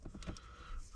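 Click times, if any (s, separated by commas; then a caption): none. A dash-mounted radio or display unit with a screen is pushed into its dashboard slot in a 1993 Mercedes 190E that was abandoned and sat for 16 years, producing short knocks and bumps at about 0.1, 0.2 and 0.4 seconds. Nothing has clicked into place yet, because the unit will not latch and is just held there instead.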